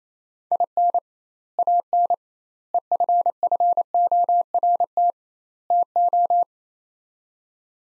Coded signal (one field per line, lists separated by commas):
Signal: Morse code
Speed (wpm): 28 wpm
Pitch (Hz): 700 Hz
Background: none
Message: IN AN EFFORT TO